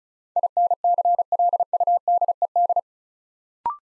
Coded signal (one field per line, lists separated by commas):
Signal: Morse code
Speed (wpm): 36 wpm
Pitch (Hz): 700 Hz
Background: none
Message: INCLUDED